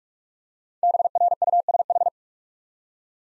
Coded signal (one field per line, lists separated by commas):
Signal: Morse code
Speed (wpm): 46 wpm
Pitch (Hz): 700 Hz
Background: none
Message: BRUSH